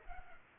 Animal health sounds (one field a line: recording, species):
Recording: mosquito wingbeat signal from an infrared sensor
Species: Culex pipiens